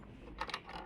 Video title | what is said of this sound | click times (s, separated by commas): how to set thread in sewing machine/ singer 1304 | இது உள்ள set பண்ணி லாக் பண்ணிருங்க லாக் ஆகும்போது டிக்குன்னு சவுண்ட் கேட்கும் | 0.4 s, 0.5 s